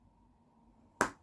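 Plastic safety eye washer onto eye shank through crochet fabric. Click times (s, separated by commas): 1.0 s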